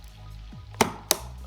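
The last stick of desktop RAM is pressed into a motherboard DIMM slot, and its retention clips snap shut with two sharp clicks at 0.8 s and 1.1 s over a low steady hum. The module is seated.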